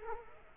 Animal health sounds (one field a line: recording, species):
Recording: mosquito wingbeat signal from an infrared sensor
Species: Culex quinquefasciatus